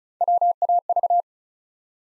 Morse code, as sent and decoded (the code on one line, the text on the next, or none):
.-- .- ...-
WAV